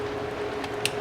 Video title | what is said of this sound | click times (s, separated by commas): 2003 2010 Saab 9 3 2.0t Air Injector Pump and Tube replacement | There we go, hear the nice audible click. | 0.9 s